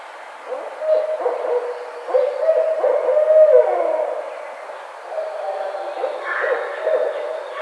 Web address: sounds birds Barred Owl 2009 05 04 Barred Owl